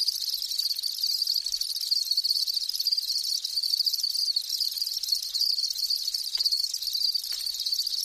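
Insect buzzing, a steady, dense, high shimmering trill that runs unbroken the whole time, with a fainter upper overtone.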